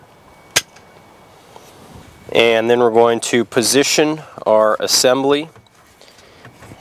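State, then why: Seated. The smaller wiring harness plug is lined up with the headlight switch of a 2001 Ford F150 and slid in, giving one sharp click at 0.6 s as it seats. Someone then talks from about 2.3 s to 5.5 s, with a few faint taps afterward.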